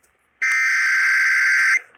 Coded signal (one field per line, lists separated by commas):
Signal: Emergency Alert System (SAME) tones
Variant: header bursts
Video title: NORTHERN UTAH STORMS! Broadcast Radio/Stream EAS: Severe Thunderstorm Warnings (EAS #754-756)